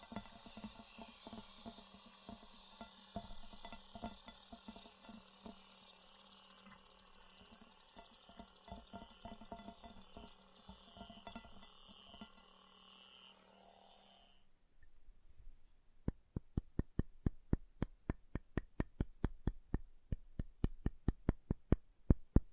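Chalk being carved and cut: for the first fourteen seconds a dense, steady scraping hiss with a low hum underneath. Then it stops, and sharp, bright clicks and taps follow at a quick, fairly regular pace, growing louder toward the end.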